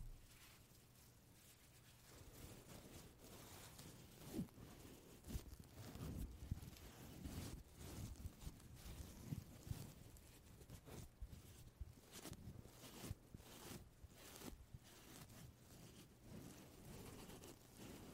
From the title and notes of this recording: 말없이 퍼프 소리만, 가득 담아봤어요 puff sound no talking asmr.